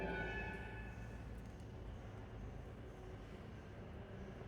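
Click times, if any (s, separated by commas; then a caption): none. The motor unit of a chopper is lined up on the chopper's plastic lid, ready to be twisted to lock, and nothing has seated or clicked yet. Only a steady low rumble with faint tonal hum is heard, slightly louder in the first second, with no sudden hits.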